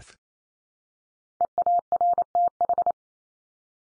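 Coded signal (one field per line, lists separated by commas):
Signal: Morse code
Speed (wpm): 28 wpm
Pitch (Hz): 700 Hz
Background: none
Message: EARTH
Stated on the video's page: Common-word head-copy practice at 28 wpm, each word sent three times in Morse.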